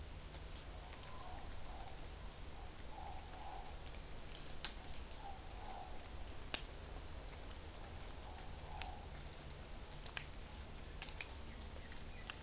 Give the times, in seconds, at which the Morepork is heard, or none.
0.52-1.91, 2.45-3.77, 4.55-6.07, 7.98-9.13